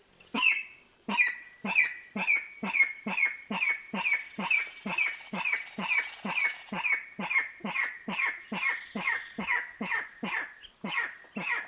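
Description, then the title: Spotted rail giving a long series of harsh, squealing notes, about two each second, steady and insistent throughout with little else heard. Nominate subspecies maculatus. "LuckyPassaro Completos2Sama. Spotted Rail (Pardirallus maculatus maculatus)"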